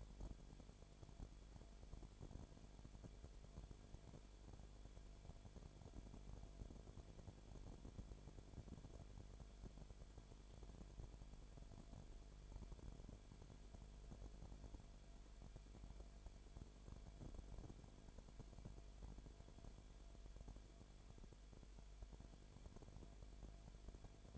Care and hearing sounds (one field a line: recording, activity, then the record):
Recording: daily activity, microphone in the room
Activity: no activity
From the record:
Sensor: 5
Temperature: 19.9 degrees Celsius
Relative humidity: 35.7%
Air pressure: 1003.4 hPa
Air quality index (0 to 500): 56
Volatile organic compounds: 1 ppm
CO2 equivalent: 634 ppm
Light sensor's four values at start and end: 2/3/1/1 and 2/3/1/1